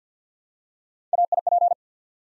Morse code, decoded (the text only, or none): AIP